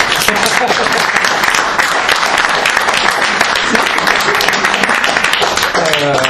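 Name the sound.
audience applause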